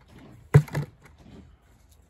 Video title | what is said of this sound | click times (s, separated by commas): Firebox Stove Freestyle BBQ and Fire Pit in a bucket | so this lid just snaps in place and | 0.5 s